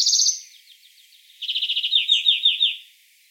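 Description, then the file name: European greenfinch with a brief bright note, then a fast rattling trill that slows into looser, louder pulses. "Chloris chloris"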